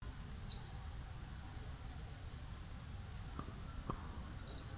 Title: LuckyPassaro Completos2Sama. Saffron-billed Sparrow (Arremon flavirostris)